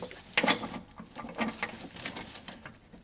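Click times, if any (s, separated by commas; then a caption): none. A fuel hose quick connector is handled at the gas tank fitting while the gas tank is installed in a 2000 Jeep XJ Cherokee. A burst of sharp taps and light rattling is heard, loudest around 0.4 to 0.5 s, with softer taps following. Nothing has seated or clicked yet.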